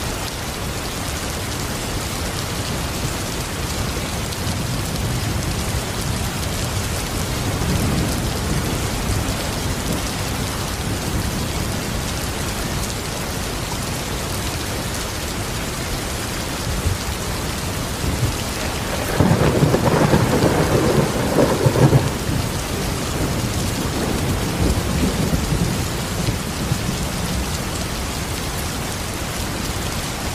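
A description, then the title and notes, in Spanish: A gentle stream runs under a tropical storm moving over the forest canopy, with steady rain hissing evenly throughout. Low thunder swells near 8 seconds and rolls louder from about 19 to 22 seconds, then rumbles on more softly toward the end. Corriente Suave con Tormenta Tropical. Los sonidos de un suave arroyo mientras la tormenta tropical se abre camino sobre el dosel del bosque.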